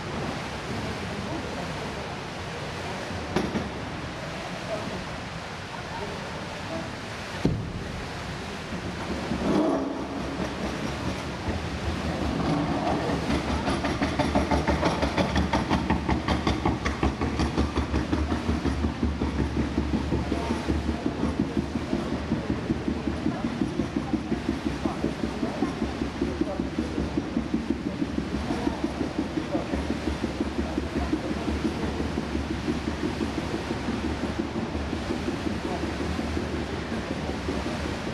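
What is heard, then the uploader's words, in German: Echoing indoor swimming pool ambience: a dense, steady wash that swells after ten seconds into a fuller roar with a fast, even pulsing texture. Beruhigende Echos im Hallenbad - Setz dich an den Beckenrand und Lausche dem Rauschen.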